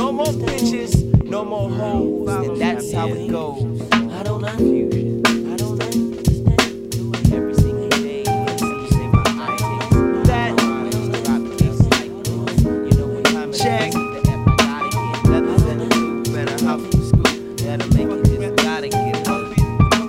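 A steady, rhythmic piece of music with crisp percussive hits landing at a fast, regular pace over sustained low chords that shift every couple of seconds. Bright sliding vocal-like phrases appear early on, and higher melodic lines run through the second half.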